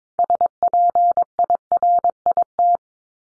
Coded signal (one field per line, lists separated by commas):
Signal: Morse code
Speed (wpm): 22 wpm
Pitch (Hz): 700 Hz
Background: none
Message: SPIRIT